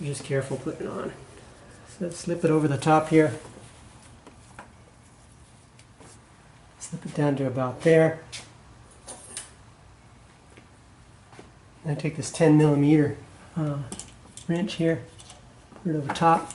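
Someone talks while slipping a rubber valve stem seal over the top of a valve stem on a 280Z cylinder head and sliding it down part way by hand toward the valve guide, then picking up a 10 mm wrench to push it home. Faint handling taps are heard around 4.3, 4.6, 5.8 and 9.4 seconds between the talking. The seal has not seated or clicked yet.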